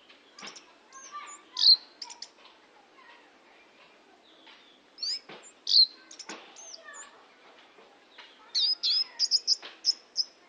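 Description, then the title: Oriental magpie-robin song of loud, clear whistles and sharp chips in separate phrases, ending with a rapid run of ringing notes. "Kicau Kacer"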